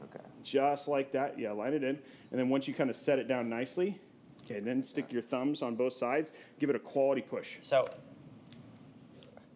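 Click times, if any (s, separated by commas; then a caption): 9.2 s, 9.4 s. A DDR4 memory stick is lined up in a motherboard DIMM slot and pressed down with both thumbs while someone talks. After the talking stops, a few faint sharp sounds follow, with the retention clips snapping at 9.2 and 9.4 seconds as the module seats.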